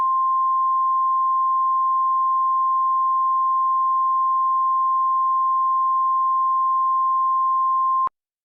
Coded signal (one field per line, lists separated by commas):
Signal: Emergency Alert System (SAME) tones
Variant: 1050 Hz attention tone